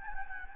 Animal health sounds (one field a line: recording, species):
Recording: mosquito wingbeat signal from an infrared sensor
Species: Anopheles gambiae